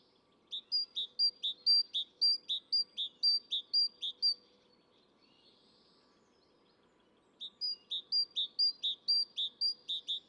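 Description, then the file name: Great tit song in two bursts of rhythmic two-note high-low phrases, several repetitions, a pause of about three seconds, then several more. "Parus major"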